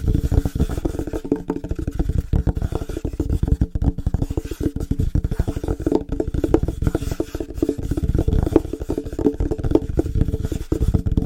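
Fast, dense tapping on different surfaces runs continuously, mostly low and thudding with a few brighter clicks, barely pausing throughout.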